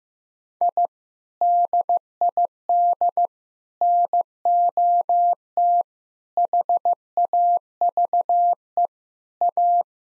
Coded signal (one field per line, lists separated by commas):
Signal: Morse code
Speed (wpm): 15 wpm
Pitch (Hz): 700 Hz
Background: none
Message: I DID NOT HAVE A